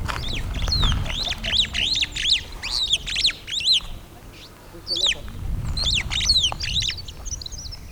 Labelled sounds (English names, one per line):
Superb Starling flight call